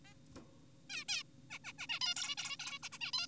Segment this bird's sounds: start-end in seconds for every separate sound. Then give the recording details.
0.05-0.14, 0.90-1.04, 1.09-1.23, 1.50-1.59, 1.64-1.73, 1.79-1.87, 1.90-2.00, 2.01-2.15, 2.16-2.36, 2.38-2.57, 2.60-2.79, 2.83-2.89, 2.92-2.98, 3.01-3.12, 3.14-3.27. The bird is an adult. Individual g4p5U